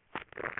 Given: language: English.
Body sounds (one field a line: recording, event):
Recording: throat vibration sensor signal played as sound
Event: swallow